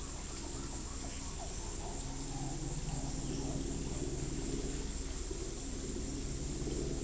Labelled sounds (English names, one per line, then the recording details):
none
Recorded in pastures near Puerto Asís, Putumayo, Colombia, on 19 February 2024 at 15:00
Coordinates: 0.468, -76.328
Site G6414